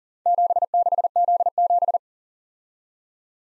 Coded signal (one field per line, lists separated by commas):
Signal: Morse code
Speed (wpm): 42 wpm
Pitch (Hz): 700 Hz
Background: none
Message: 76Z7